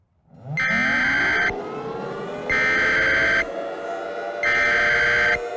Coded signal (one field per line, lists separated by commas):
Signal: Emergency Alert System (SAME) tones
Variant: header bursts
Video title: (Mini EAS Scenario) The SD Summer of '11